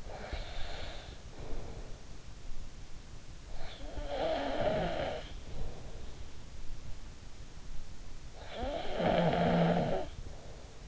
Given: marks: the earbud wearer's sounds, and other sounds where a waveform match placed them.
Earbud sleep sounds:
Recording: sounds in sleep by an in-ear microphone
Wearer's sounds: breath, snoring breath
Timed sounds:
0.00-1.98 s: breath
3.54-6.47 s: snoring breath
8.38-10.88 s: snoring breath

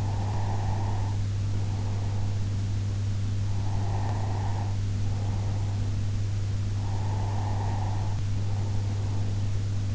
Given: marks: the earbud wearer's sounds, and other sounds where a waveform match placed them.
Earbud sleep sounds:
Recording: sounds in sleep by an in-ear microphone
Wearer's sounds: breath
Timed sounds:
0.00-2.81 s: breath
3.33-6.14 s: breath
6.76-9.60 s: breath

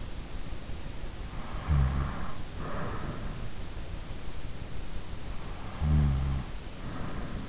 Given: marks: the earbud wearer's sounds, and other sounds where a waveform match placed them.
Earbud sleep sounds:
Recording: sounds in sleep by an in-ear microphone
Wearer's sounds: snoring breath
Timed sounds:
1.42-3.12 s: snoring breath
5.71-7.47 s: snoring breath

